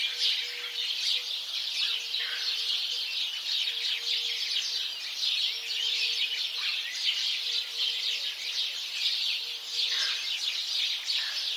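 House sparrow flock chattering nonstop, overlapping high chirps forming a steady wall of sound, with a faint low hum pulsing on and off.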